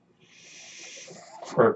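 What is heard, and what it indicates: A soft, steady airy hiss rises over about a second and a half, then gives way to a brief, louder voiced sound. The hiss is a home mechanical ventilator pushing air during a breath.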